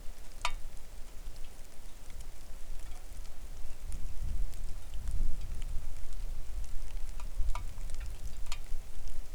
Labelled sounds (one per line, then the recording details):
wind
rain
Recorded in the Arctic National Wildlife Refuge, Alaska, on 3 August 2019 at 09:41
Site 41